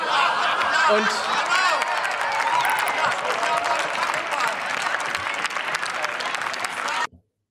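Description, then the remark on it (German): Sustained applause from a large audience in a parliament chamber during a debate, dense and steady for about seven seconds before cutting off abruptly, with some faint laughter and murmuring mixed in. “So, da klatschen die Leute jetzt los und das sehe ich halt überhaupt nicht ein.”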